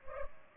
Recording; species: mosquito wingbeat signal from an infrared sensor; Culex pipiens